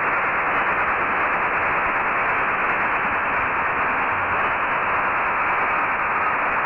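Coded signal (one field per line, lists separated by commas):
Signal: HF data modem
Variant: STANAG 4285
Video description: decode a French Navy Stanag 4285 Signal. This just seems to be a test signal, sending the French equivalent to the quick brown fox.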